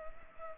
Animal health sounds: mosquito wingbeat signal from an infrared sensor; Culex pipiens

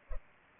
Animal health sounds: mosquito wingbeat signal from an infrared sensor; Culex pipiens

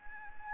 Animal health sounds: mosquito wingbeat signal from an infrared sensor; Anopheles gambiae

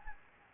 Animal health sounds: mosquito wingbeat signal from an infrared sensor; Anopheles gambiae

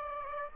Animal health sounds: mosquito wingbeat signal from an infrared sensor; Aedes aegypti

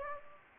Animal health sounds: mosquito wingbeat signal from an infrared sensor; Anopheles gambiae

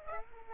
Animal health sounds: mosquito wingbeat signal from an infrared sensor; Aedes aegypti

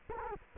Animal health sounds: mosquito wingbeat signal from an infrared sensor; Culex quinquefasciatus

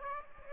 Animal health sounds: mosquito wingbeat signal from an infrared sensor; Aedes aegypti

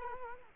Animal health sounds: mosquito wingbeat signal from an infrared sensor; Culex quinquefasciatus

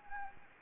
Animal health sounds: mosquito wingbeat signal from an infrared sensor; Anopheles gambiae

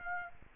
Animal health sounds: mosquito wingbeat signal from an infrared sensor; Aedes aegypti

